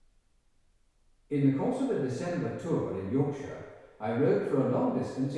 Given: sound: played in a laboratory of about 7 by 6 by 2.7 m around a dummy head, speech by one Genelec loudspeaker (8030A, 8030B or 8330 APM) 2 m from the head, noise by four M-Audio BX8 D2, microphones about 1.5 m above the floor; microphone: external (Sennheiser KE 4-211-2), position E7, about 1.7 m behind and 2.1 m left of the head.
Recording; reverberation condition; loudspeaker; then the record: male speech in English; high; behind (180 degrees)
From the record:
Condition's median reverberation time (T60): about 1300 ms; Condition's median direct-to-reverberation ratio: about -4.0 dB